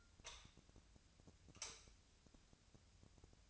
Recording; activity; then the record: daily activity, microphone in the room; light on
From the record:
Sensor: 2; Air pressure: 1009.7 hPa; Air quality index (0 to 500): 181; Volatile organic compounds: 10 ppm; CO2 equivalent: 2262 ppm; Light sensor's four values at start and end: 28/67/29/32 and 33/85/36/38